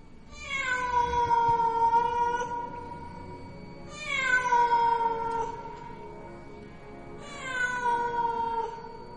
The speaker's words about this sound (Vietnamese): Lúc sắp nhập quan ấy thế nào mà tiếng mèo hoang nó kêu lên thảm thiết. Cho dù mọi người căng mắt tìm kiếm nhưng tuyệt nhiên không thấy bóng dáng con mèo nào đâu. Mọi người cứ cắm cúi động quan, ở xung quanh vẫn văng vẳng tiếng con mèo nó kêu.